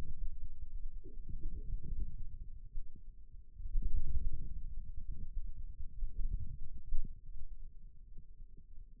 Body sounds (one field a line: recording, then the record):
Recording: forearm muscle sounds (acoustic myography)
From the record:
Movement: inward rotation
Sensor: system 2, bracelet of six BSWA MPA416 microphones around the upper forearm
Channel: 4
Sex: male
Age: 22 years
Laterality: right